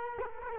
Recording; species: mosquito wingbeat signal from an infrared sensor; Culex quinquefasciatus